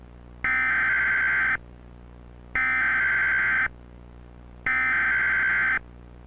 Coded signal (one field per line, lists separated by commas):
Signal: Emergency Alert System (SAME) tones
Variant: header bursts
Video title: Emergency alert system scaricno Kirk odd clips (2006) by @ToyStory3IRL